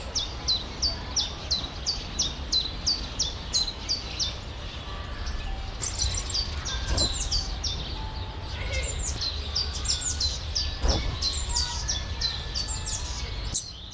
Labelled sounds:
Common Chiffchaff (Phylloscopus collybita) song
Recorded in the wild
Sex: male
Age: adult
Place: Zoo Halle, Sachsen-Anhalt, DE
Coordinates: 51.5056, 11.9625
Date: 1998-04-16 15:52
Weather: overcast, ca. 12°C
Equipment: Sony MD-WM MZ-R3, Sennheiser MKH 416 T, Kopie Uher 4000 Report Monitor
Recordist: Tembrock, Günter
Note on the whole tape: Gesang (freifliegend)

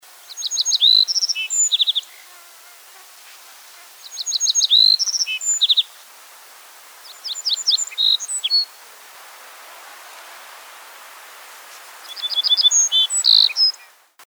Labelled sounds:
Little Bunting (Emberiza pusilla)
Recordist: Frommolt, Karl-Heinz
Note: Gesang

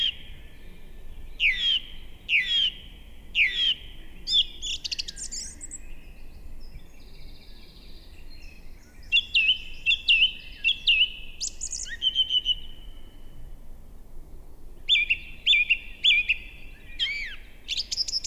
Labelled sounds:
Song Thrush (Turdus philomelos) song
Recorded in the wild
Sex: male
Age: adult
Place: Bernau bei Berlin, Barnim, Brandenburg, DE
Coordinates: 52.6958, 13.5256
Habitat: wood
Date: 2007-04-07 19:54
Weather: fair, 10°C, almost no wind
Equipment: Sound Devices 702, Sennheiser MKH 70, Windkorb
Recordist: Frommolt, Karl-Heinz
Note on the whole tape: Rieselfläche bei Waldfrieden: Gesang. Entfernung 10 m. Tier sang in Pappel, war völlig frei zu sehen. Tier gesehen. Ununterbrochene Aufnahme, endet mit Abflug der Drossel

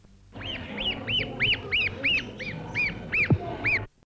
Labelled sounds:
Snow Goose (Anser caerulescens) call
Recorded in captivity
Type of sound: call
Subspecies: atlanticus
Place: Zoo Wuppertal, Nordrhein-Westfalen, DE
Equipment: Halbspur, 9,5 cm/s
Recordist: Lütgens, Hans
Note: Junges, künstlich erbrütet

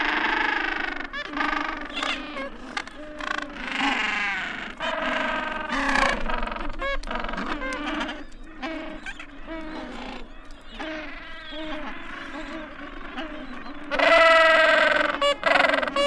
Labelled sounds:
Gentoo Penguin (Pygoscelis papua) call
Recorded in the wild
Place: Yankee Harbour, Antarctica, AQ
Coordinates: -62.31, -59.46
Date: 2019-01-02
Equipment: Olympus LS-100, Sennheiser ME66
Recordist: Beaulieu, Michaël

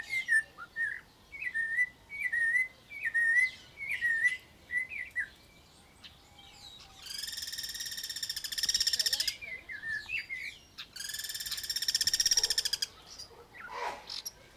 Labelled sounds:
Snowy-crowned Robin-Chat (Cossypha niveicapilla)
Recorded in captivity
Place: Zoo Berlin, Berlin, DE
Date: 1992-06-06 12:35
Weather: sonnig, 24-28° C
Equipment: Nagra SN, Mikrofon AKG CK 8, Kopie Tesla B 116
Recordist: Tembrock, Günter

